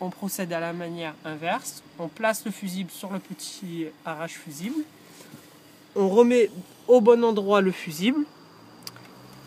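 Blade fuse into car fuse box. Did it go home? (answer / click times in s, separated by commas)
yes / 8.9 s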